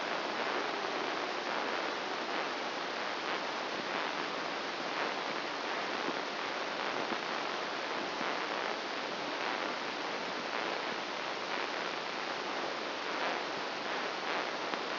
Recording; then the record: brain microelectrode recording played as sound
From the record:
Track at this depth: outside the subthalamic nucleus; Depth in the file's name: 0.089 mm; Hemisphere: right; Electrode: 2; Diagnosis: Parkinson's disease